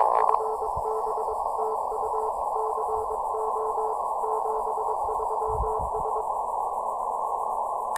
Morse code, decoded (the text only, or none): FB TU CO 73S